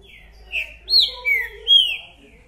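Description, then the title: Green-winged saltator song: four full-toned whistles, most sliding down in pitch. Songs used in a territorial dispute, the bird chirping, singing and acting aggressively male ('macheando'); a repeating singer giving one song after another; song style called 'mercenário'. "Esse É PERFEITO Para ESQUENTAR Seu TRINCA Piando, Cantando E Macheando Na DISPUTA. 🔥TRINCA FERRO REPETIDOR !! UM CANTO ATRÁS DO OUTRO!!! TRINCA FERRO MERCENARIO!"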